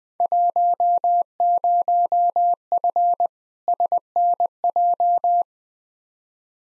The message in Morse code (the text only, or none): 10F SNJ